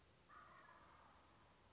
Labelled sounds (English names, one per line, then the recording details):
Wild Turkey
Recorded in Sonoma County, California